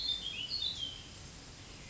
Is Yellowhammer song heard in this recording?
no